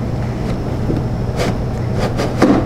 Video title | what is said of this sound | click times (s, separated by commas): Assembly of 00938 00939 Badger Basket Envee Highchair with Playtable Conversion | until it clicks into a place now that means that that tray is locked in so that it's safe for your child but | 2.4 s